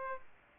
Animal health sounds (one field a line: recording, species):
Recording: mosquito wingbeat signal from an infrared sensor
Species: Aedes aegypti